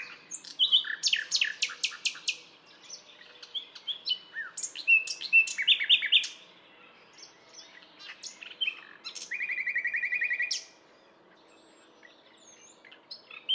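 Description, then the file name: Common nightingale singing long, varied phrases: sharp clicks, quick trills, repeated chirps and a steady, buzzy rattling note, then a quiet pause. "Luscinia megarhynchos"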